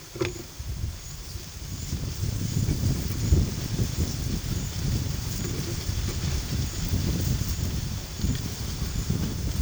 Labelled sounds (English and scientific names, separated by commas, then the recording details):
none
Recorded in pastures near Puerto Asís, Putumayo, Colombia, on 24 March 2025 at 11:30
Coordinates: 0.487, -76.322
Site G077